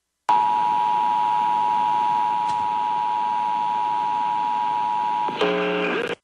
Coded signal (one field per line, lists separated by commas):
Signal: Emergency Alert System (SAME) tones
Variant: 853 and 960 Hz attention tone